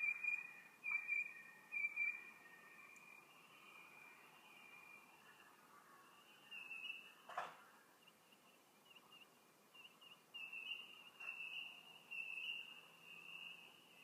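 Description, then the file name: Bird calling with high whistled notes, several near the start, a quieter stretch, then more whistles later over soft background noise. "Tweets"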